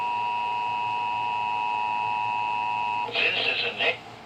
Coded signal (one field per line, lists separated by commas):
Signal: Emergency Alert System (SAME) tones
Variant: 853 and 960 Hz attention tone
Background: speech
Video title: (EAS #402) 2023 National Periodic Test (or Nationwide Test of the Emergency Alert System)